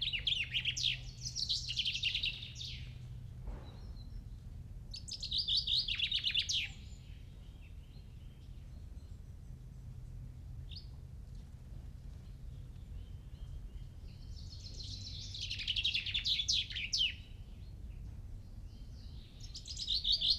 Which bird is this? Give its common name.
Common Chaffinch